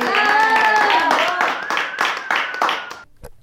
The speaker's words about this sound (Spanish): Bueno, damos un cierre a Nos damos el gusto. Un aplauso para nuestro querido acompañante mago.